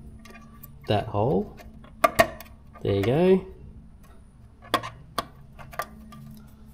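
A plastic push clip is pushed through the mounting hole of a carbon fibre rear hugger (fender) on a Suzuki GSX-S750 motorcycle while someone talks. Sharp clicks at 4.7 s and 5.2 s mark the clip seating in the hole.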